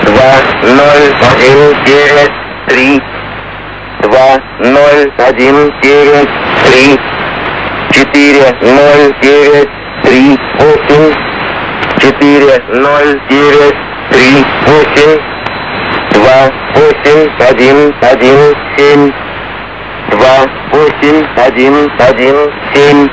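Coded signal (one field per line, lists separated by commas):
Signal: numbers station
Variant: S06, Russian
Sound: a voice reading digit groups, each group repeated, over radio static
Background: radio static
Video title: Russian Numbers station, S06, 11616khz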